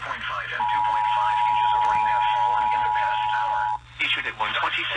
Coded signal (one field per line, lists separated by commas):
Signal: Emergency Alert System (SAME) tones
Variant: 853 and 960 Hz attention tone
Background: speech